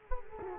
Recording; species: mosquito wingbeat signal from an infrared sensor; Culex quinquefasciatus